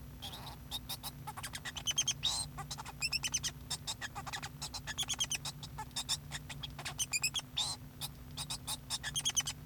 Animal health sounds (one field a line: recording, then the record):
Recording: song of a male Bengalese finch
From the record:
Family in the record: son of father 2